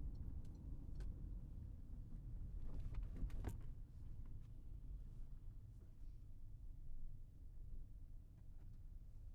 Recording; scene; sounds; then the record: everyday scene through a hearing-aid microphone; in a vehicle; engine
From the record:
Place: Berlingo II, diesel engine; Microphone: behind the ear, right, front